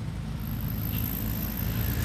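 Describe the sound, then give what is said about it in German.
A car engine runs with a steady, deep rumble and a constant hiss above it, holding an even level throughout with no voices. “Irgendwas sagt mir, dass das eine heiße Kiste ist.”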